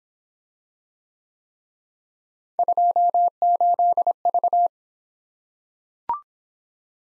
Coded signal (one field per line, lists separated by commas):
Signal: Morse code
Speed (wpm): 25 wpm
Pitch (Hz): 700 Hz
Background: none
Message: 28V